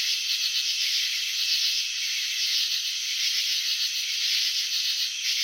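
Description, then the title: High, rattling cricket chirps run without pause, a fine pulsed texture steady from start to finish. Crickets chirping, shown in a slow-motion video of wing vibrations and antenna movements. "Crickets in Slow Motion. Capturing the Elegance of Chirping"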